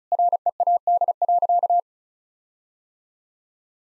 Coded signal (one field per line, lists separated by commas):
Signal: Morse code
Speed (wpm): 36 wpm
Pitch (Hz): 700 Hz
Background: none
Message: READ.